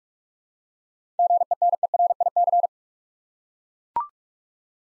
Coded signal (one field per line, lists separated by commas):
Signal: Morse code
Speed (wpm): 44 wpm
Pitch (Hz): 700 Hz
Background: none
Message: GENERIC